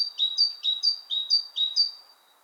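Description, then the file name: Great tit song with high, sharp paired notes repeated briskly several times. "Parus major"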